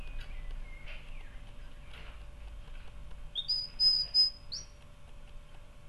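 Canary singing a sustained high whistled phrase broken by brief trilled pulses, ending on a rising note, after some faint chirps, with low hum beneath.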